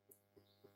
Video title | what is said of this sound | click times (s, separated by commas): Creality mise a jour v1.0.6 Ender 3 v3 SE By TLB (Réduc/lien dans la description) en français | entendre le clic clic | 0.1 s